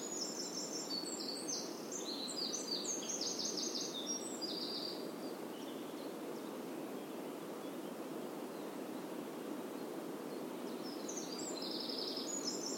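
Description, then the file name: Eurasian wren song: a burst of high, rapid, tinkling notes and trills in the first few seconds, a long pause, then another high trill near the end, with steady background hiss. "Troglodytes troglodytes"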